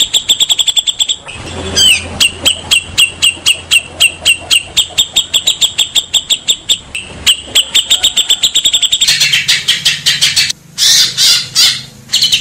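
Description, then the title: Grey-cheeked bulbul song of fast, evenly repeated clear piping notes, several per second, shifting late into harsher chattering bursts; a low hum runs underneath. Training song (masteran) for teaching cage birds. "Cucak Jenggot Masteran"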